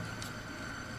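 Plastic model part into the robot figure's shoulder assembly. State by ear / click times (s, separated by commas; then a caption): not seated / none. A plastic model kit part is handled at the shoulder assembly of a build-up robot figure, where it is put into a hole, moved and pressed flat against the body. Only a steady, low broadband hiss with a faint hum is heard, with no distinct impacts. Nothing has seated or clicked yet.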